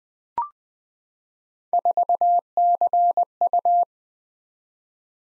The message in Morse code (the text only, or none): 4CU